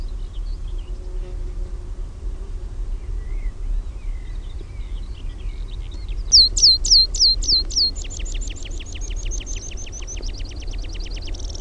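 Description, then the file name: Meadow pipit song: faint notes, then loud high falling notes leading into a fast even trill of clipped notes that ends in a faster rattle, over low rumble. Own recording, Finland. "NIITTYKIRVINEN"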